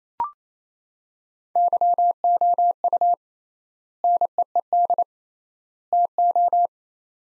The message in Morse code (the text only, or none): YOU NEED TO